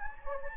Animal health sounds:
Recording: mosquito wingbeat signal from an infrared sensor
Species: Anopheles gambiae

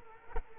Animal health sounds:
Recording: mosquito wingbeat signal from an infrared sensor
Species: Culex quinquefasciatus

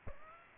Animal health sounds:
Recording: mosquito wingbeat signal from an infrared sensor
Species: Aedes aegypti

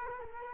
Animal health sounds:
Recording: mosquito wingbeat signal from an infrared sensor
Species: Culex quinquefasciatus

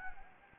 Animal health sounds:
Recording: mosquito wingbeat signal from an infrared sensor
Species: Anopheles gambiae

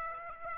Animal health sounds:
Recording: mosquito wingbeat signal from an infrared sensor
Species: Aedes aegypti

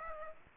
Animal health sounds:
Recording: mosquito wingbeat signal from an infrared sensor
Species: Aedes aegypti

